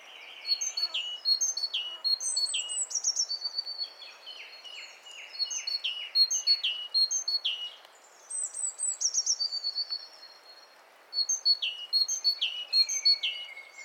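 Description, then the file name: Great tit calls: busy high chirping in several bursts, with falling slurred notes, thin flat whistles and short pauses between phrases, steady faint background hiss. "Parus major"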